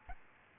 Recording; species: mosquito wingbeat signal from an infrared sensor; Aedes albopictus